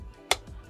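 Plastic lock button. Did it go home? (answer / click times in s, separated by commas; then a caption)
released / 0.3 s. A release button on a campervan pop-up rooftop tent is pressed until the roof lock gives a single sharp, loud click at 0.3 s over a low background hum. The click means the lock has released, so the rooftop is unlocked and can be pushed open.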